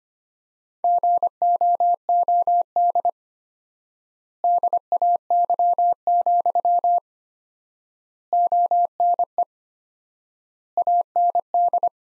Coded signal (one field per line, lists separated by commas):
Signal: Morse code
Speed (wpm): 25 wpm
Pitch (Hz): 700 Hz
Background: none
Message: GOOD DAY, ONE AND